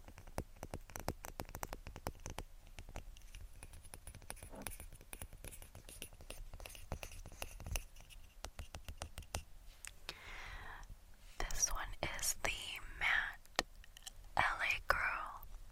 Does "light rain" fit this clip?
no